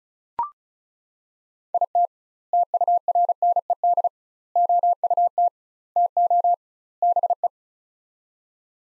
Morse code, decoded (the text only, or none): IT TURNED OUT TO BE